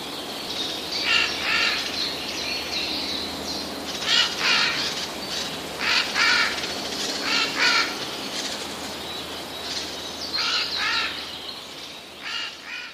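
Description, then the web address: Eurasian jay giving harsh, rasping screeches in about six bursts, one to three seconds apart. Alarm call, recorded 18 May 2013. "wroblowe ostrzegator sojka"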